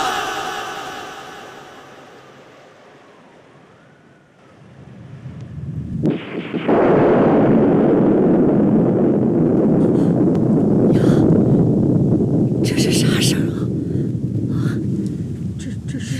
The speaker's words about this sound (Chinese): 这是打雷了。莫非老天爷真的显灵啊！哎 呀，老头子，下雨了！